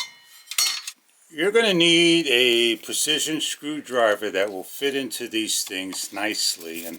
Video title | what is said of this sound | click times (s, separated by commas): YJFAN Ceiling Fans with Remote Control,60-Inch,3 Imitation Wood ABS Blades, 6 Speeds Adjustable | listen for the click | 0.6 s